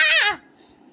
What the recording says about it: That was my kitten. She kind of jumped up onto the bed and she is sneezing right now.